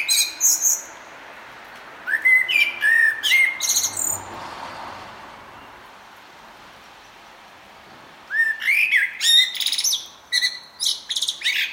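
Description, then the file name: Common blackbird uttering bursts of squeaky rising notes and high scratchy twitters, separated by a long quiet gap. "Turdus merula"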